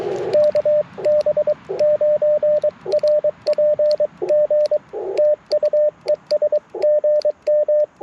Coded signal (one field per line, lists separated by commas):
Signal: Morse code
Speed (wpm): 22 wpm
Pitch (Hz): 600 Hz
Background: radio noise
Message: KB9RPG TU ES GM